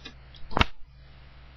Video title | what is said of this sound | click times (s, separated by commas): takeing apart a cell phone | here you just want to take it push down till it locks into place | 0.6 s